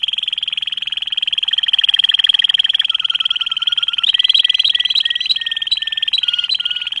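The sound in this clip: Canary song: one continuous rapid trill with a second voice-like line of quick notes and short whistles woven over it from about a second and a half on.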